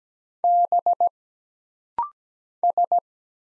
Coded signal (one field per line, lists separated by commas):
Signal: Morse code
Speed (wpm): 17 wpm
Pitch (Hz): 700 Hz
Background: none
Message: B S